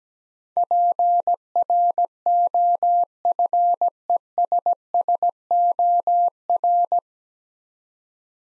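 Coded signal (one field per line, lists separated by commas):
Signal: Morse code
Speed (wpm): 17 wpm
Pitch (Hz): 700 Hz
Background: none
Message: PROFESSOR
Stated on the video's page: Morse practice drill at 17 wpm: nine-letter words for head-copy, each sent twice, aiding the transition from individual characters to whole words.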